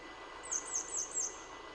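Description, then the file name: Grey wagtail calling: four sharp, very high notes given in quick succession against a steady background hiss. Recorded in Utrecht. "Grote gele kwikstaart in Utrecht - luc de bruijn"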